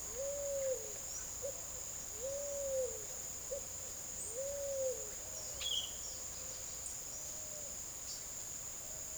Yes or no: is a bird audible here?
yes